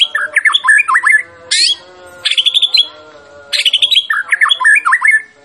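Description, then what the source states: White-rumped shama song: bursts of varied warbled and whistled phrases separated by brief pauses, with sharp high notes between them. Champion bird; recording used for song training (masteran).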